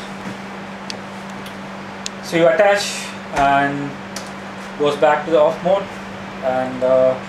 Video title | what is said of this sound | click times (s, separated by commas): ZOLL DEFIBRILLATOR BASIC OPERATION | push this until you hear a click sound and it's locked. | 0.9 s, 2.1 s